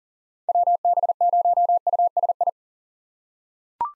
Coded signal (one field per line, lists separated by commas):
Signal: Morse code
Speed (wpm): 40 wpm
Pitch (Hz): 700 Hz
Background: none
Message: WB0USI